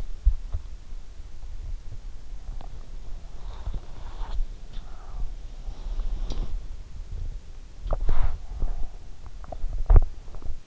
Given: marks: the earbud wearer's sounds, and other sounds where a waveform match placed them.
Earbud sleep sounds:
sounds in sleep by an in-ear microphone; body movement
0.12-10.67 s: body movement

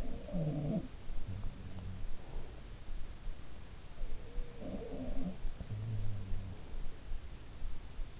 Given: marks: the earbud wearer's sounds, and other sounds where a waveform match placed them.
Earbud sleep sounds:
sounds in sleep by an in-ear microphone; breath
0.00-2.85 s: sound from someone else or the room
1.91-2.85 s: breath
4.38-6.83 s: sound from someone else or the room

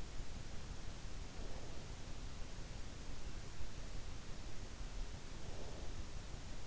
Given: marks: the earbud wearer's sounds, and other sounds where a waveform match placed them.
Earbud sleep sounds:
sounds in sleep by an in-ear microphone; breath
1.30-2.28 s: breath
5.45-6.25 s: breath

